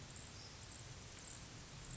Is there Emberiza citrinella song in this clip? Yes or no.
no